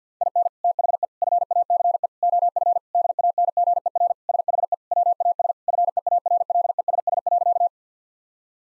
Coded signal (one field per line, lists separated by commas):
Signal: Morse code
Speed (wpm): 50 wpm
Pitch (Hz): 700 Hz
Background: none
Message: IN THE FACE OF DANGER SHE WAS FEARLESS.